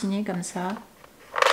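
A small soft foam cushion pad is handled and positioned on the inside of a plastic LED/laser hair-care helmet, about to be clipped in. Someone talks at the start, then faint handling noise follows with a small tap near 1.0 s and a brighter rustling burst from about 1.4 s. Nothing has seated or clicked yet.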